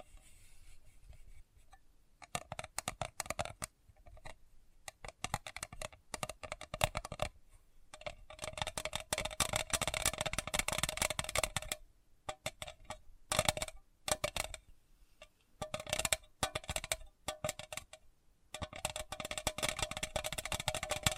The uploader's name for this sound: Sensitive Tapping